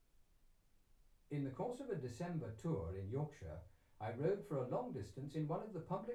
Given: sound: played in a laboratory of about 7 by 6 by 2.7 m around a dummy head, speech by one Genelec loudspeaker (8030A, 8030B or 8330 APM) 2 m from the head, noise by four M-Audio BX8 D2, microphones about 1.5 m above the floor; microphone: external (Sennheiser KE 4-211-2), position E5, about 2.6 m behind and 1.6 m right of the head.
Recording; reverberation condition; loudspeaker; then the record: male speech in English; low; 150 degrees to the left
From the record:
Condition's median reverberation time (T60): about 310 ms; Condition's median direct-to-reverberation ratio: about 3.5 dB